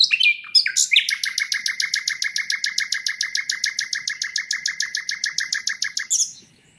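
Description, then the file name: Common nightingale singing a brief varied introduction, then a long, even, rapid trill of repeated notes lasting about five seconds. "Luscinia megarhynchos"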